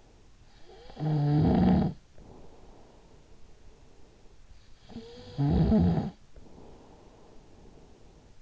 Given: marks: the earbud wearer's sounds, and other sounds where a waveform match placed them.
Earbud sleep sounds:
sounds in sleep by an in-ear microphone; snoring breath
0.00-4.26 s: snoring breath
4.63-8.40 s: snoring breath

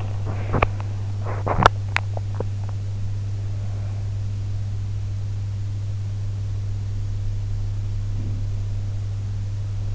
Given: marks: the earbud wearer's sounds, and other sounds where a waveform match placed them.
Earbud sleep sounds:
sounds in sleep by an in-ear microphone; teeth grinding, swallowing, breath
0.00-1.95 s: teeth grinding
2.15-3.05 s: swallowing
3.44-4.17 s: breath
7.90-8.70 s: sound from someone else or the room

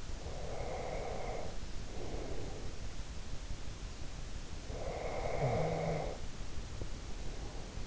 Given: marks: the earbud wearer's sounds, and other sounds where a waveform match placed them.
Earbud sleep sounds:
sounds in sleep by an in-ear microphone; breath, snoring breath
0.22-2.82 s: breath
4.68-7.87 s: snoring breath

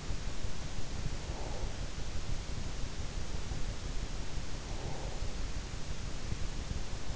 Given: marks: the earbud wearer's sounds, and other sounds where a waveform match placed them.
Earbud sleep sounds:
sounds in sleep by an in-ear microphone; breath
0.63-2.00 s: breath
4.51-5.64 s: breath

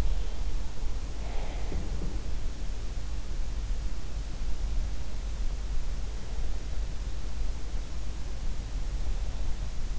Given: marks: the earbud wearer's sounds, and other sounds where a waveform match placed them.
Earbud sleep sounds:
sounds in sleep by an in-ear microphone; breath
0.00-2.40 s: breath

